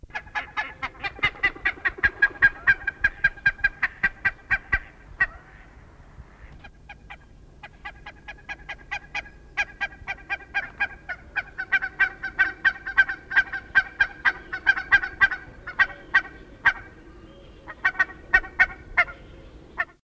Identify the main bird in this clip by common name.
Barnacle Goose